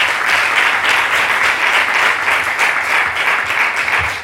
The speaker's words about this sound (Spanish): Aquí está, muchas gracias. Un fuerte aplauso